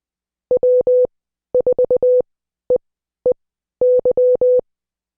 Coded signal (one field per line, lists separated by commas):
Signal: Morse code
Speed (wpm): 20 wpm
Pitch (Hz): 500 Hz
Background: none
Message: W4EEY